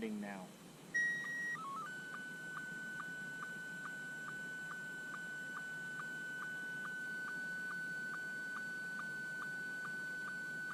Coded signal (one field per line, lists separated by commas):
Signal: SSTV (slow-scan television)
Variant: Scottie 1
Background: speech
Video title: My journey getting into SOTA - Summits On The Air - KG7JQY